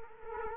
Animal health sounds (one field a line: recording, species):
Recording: mosquito wingbeat signal from an infrared sensor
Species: Culex quinquefasciatus